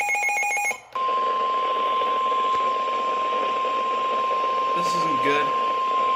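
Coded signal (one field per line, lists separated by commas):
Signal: Emergency Alert System (SAME) tones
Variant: 1050 Hz attention tone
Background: speech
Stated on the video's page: Real EAS SAME alerts relayed by NOAA weather radio and FM broadcast stations during severe thunderstorms and tornadoes across Missouri and Illinois.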